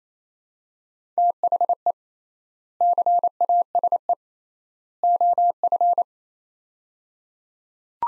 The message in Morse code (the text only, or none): THE CASE OF